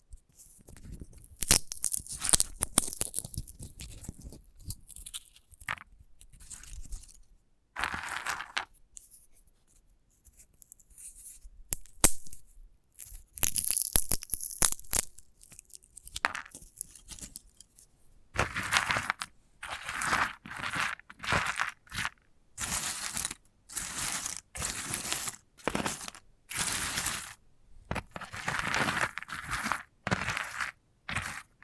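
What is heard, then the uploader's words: Crunching, tearing sounds from a sunflower head, with dense crackly scratching in bursts over the first fifteen seconds and a quieter stretch around ten seconds. From about eighteen seconds, bright crisp crunches come in regular, repeated strokes, roughly every second, until the end. ASMR of a Sunflower Head (No Talking).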